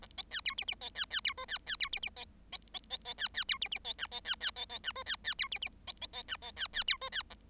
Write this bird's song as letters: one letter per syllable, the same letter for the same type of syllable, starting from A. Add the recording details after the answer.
A B C D E E B C C D F C C D E E B B B B B C C D E E B G B C C B B G F C C D E E B B B G B C C D F C A. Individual Bird7